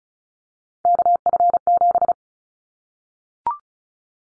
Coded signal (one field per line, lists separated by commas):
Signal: Morse code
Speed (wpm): 34 wpm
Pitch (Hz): 700 Hz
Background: none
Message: KF7